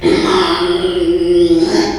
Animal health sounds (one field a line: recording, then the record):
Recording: squeal of a Yucatan mini pig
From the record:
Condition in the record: after surgery on the right vocal fold (resection and tissue-engineered implant)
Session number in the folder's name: 2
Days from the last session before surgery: 13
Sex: male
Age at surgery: 12 weeks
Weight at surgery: 13 kg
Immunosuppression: cyclosporine, prednisolone